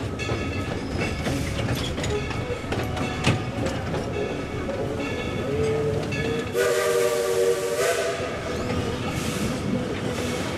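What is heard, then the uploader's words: A steam locomotive rumbles along with a dense, steady clatter, and from about six seconds a brighter hiss and whine rise over it. Climb aboard this charming 1930s steam locomotive that once traversed the mountains between Alaska and the Yukon. Listen to the chugging of the train engine and rhythmic clatter of wheels on steel rails. The lush scenic woods and rolling hills of Tennessee blur past as you hitch a ride on the pride of Pigeon Forge at this Dollywood amusement park staple.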